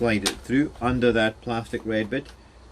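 Someone talks while reassembling a Dyson cordless stick vacuum being fixed for pulsing with poor suction, turning the plastic bin/cyclone unit upside down and sliding it under the red plastic catch on the main body. The clip ends before the bin is pushed home, so it has not latched or clicked yet.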